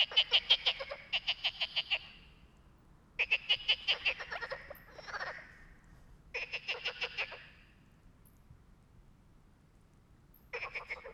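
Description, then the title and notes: Frogs calling in rapid pulsed bursts about a second long, rattling rhythmically, with short pauses between groups and a quieter croaking call in the middle. Frogs singing all night at a small pond beside the Loire near Bréhémont, France; they ignored the recordist's attempts to make them answer; sing when distant freight trains pass; Oktava MK012 ORTF, MixPre, Zoom H4n. "37130 Bréhémont, France - Trying to communicate with Frogs. A little pond next to the river Loire where we tried to sleep untill a bunch of frogs begin to sing"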